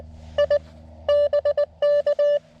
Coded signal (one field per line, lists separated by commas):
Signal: Morse code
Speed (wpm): 19 wpm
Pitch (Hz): 620 Hz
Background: none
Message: I BK